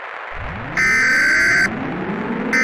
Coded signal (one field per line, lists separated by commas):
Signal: Emergency Alert System (SAME) tones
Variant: header bursts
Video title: EAS Mock: A Lethal Midnight Surprise